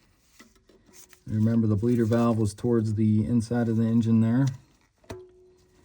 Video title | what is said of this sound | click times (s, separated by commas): Ford 6.7 Diesel Thermostat Replacement Plus Primary & Secondary Coolant Drain & Refill How-To | And then you just kind of push it down in there. And you kind of heard it pop into place. | 5.1 s